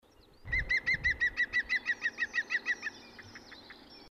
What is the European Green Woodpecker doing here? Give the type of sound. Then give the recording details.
song. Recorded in the wild. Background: Periparus ater. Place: Garmisch-Partenkirchen, Bayern, DE. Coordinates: 47.4917, 11.0956. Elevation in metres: 704. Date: 1973-04-28. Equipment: Nagra. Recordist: Tretzel, Erwin. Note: genauer Ort unbekannt, Garmisch-Partenkirchen, Frühpirsch: Gesang